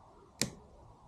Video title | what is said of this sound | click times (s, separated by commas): Bafang BBS02 Chainring swap to Lekkie on my Specialized Roll 3.0 ebike conversion | and you hear that click | 0.4 s